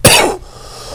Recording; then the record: coughing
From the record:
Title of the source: Coughing 79